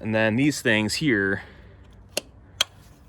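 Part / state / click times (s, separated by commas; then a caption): telescoping section lock on an aluminium ladder rail / released / 2.2 s, 2.6 s. Someone talks, then the sliding-section locks on an aluminium telescoping ladder rail are operated, giving two sharp metallic clicks at 2.2 and 2.6 seconds. The locks click open and release, so the section can slide up and down.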